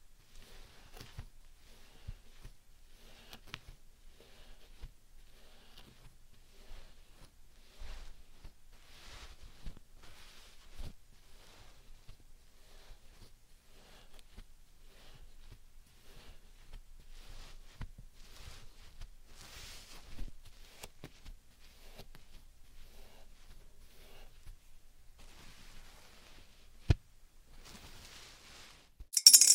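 Slime and sand being handled: soft, sparse squishes and grainy crackles over a very quiet background, with faint clicks and taps scattered throughout. A sharp tap lands near 27 seconds, and a louder burst of crackling noise closes the recording.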